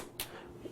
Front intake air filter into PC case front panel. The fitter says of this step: kind of just snaps back in like that and it's pretty easy process